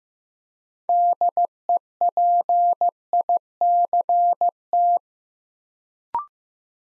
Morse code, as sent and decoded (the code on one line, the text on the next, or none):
-.. . .--. .. -.-. -
DEPICT